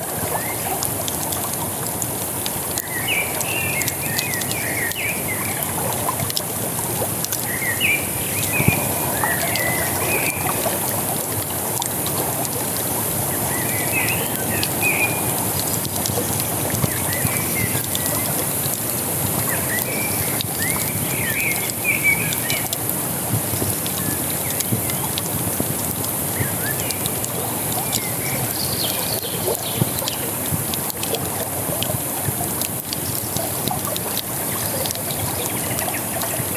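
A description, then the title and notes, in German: Birds chirp and twitter in short bursts throughout, repeating every second or two over a steady, dense bed of crackling and rushing noise from fire and water. The bed stays even and loud for the whole length, with a small sharp pop near nine seconds. Lagerfeuer an der Isar.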